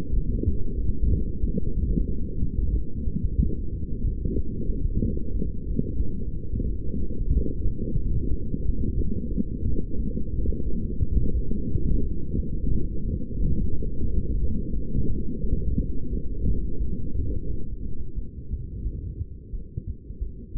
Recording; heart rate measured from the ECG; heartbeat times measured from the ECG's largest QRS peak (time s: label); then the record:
heart sounds by stethoscope; 90 bpm
0.12 s: heartbeat
0.77 s: heartbeat
1.42 s: heartbeat
2.07 s: heartbeat
2.72 s: heartbeat
3.37 s: heartbeat
4.03 s: heartbeat
4.68 s: heartbeat
5.33 s: heartbeat
5.99 s: heartbeat
6.64 s: heartbeat
7.30 s: heartbeat
7.96 s: heartbeat
8.63 s: heartbeat
9.30 s: heartbeat
9.98 s: heartbeat
10.65 s: heartbeat
11.33 s: heartbeat
12.01 s: heartbeat
12.70 s: heartbeat
13.38 s: heartbeat
14.06 s: heartbeat
14.74 s: heartbeat
15.42 s: heartbeat
16.11 s: heartbeat
16.79 s: heartbeat
17.48 s: heartbeat
18.15 s: heartbeat
18.84 s: heartbeat
19.52 s: heartbeat
20.20 s: heartbeat
From the record:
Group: heart failure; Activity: light exercise 0-16 s, rest 16-21 s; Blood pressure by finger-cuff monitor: 181/137 mmHg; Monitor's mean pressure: 154 mmHg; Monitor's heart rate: 91 bpm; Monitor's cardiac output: 7.3 L/min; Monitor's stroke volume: 81 mL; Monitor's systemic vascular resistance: 1610 dyn s/cm5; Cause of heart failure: non-ischemic cardiomyopathy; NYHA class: 1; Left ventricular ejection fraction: 62%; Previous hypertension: present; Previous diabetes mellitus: present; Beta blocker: bisoprolol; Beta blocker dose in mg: 10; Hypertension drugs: sacubitril-valsartan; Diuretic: furosemide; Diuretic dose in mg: 20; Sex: male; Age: 49 years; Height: 167 cm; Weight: 110 kg